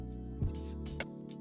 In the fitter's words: oh yeah there's a little click yeah that might have been a problem I don't think we had it in all the way